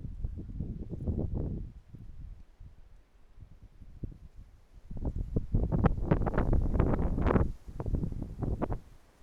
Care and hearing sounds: everyday scene through a hearing-aid microphone; wind on the microphone; wind, traffic, birds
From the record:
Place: suburban garden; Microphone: behind the ear, right, front

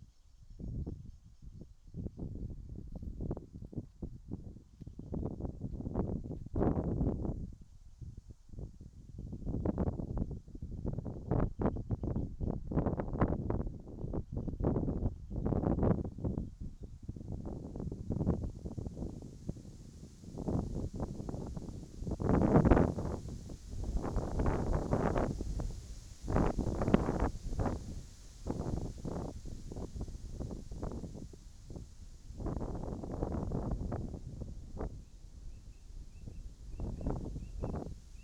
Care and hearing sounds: everyday scene through a hearing-aid microphone; wind on the microphone; wind, whistling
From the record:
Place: in front of a rural house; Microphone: in the ear canal, right

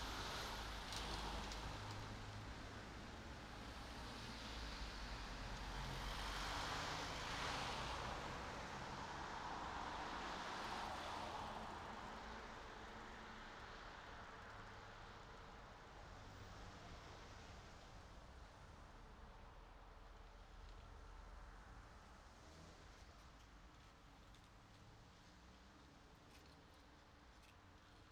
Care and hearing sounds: everyday scene through a hearing-aid microphone; in traffic; traffic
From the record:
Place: city secondary road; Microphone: in the ear canal, right

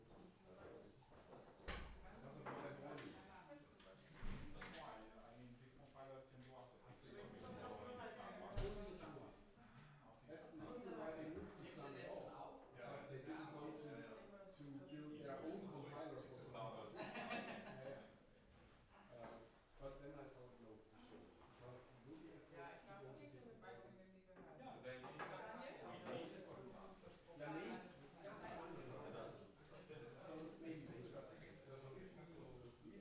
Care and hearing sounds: everyday scene through a hearing-aid microphone; many people talking; many voices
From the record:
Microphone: behind the ear, left, rear

